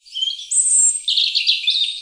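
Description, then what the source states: Bird song: a quick, high warbling phrase of varied twittering notes and a sustained thin whistle. Recorded on Oxford Island, Lough Neagh.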